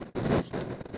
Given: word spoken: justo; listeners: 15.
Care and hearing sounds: one Spanish word in noise, from a listening test; noise modulated by one talker; -12.8 dB; 3 of 15; 6 of 15; 0.58 s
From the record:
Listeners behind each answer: 6, 3, 2, 1, 1, 1, 1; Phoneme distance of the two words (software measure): 10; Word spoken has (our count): 2 syllables, 5 phonemes, stress on syllable 1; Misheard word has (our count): 2 syllables, 5 phonemes, stress on syllable 1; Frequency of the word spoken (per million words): 69.71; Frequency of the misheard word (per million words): 81.73

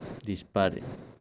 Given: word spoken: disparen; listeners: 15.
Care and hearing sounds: one Spanish word in noise, from a listening test; noise modulated by one talker; 15.2 dB; 1 of 15; 14 of 15; 0.81 s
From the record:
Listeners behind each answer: 14, 1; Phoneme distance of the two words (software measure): 7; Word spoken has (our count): 3 syllables, 8 phonemes, stress on syllable 2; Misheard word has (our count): 3 syllables, 7 phonemes, stress on syllable 2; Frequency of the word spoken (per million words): 0.74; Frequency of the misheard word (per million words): 0.90

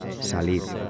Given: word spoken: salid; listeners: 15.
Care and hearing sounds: one Spanish word in noise, from a listening test; eight-talker babble; 6.8 dB; 0 of 15; 15 of 15; 0.50 s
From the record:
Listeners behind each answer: 15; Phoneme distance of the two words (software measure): 10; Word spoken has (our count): 2 syllables, 5 phonemes, stress on syllable 2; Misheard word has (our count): 2 syllables, 5 phonemes, stress on syllable 2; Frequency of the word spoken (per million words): 0.27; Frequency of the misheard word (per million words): 147.13

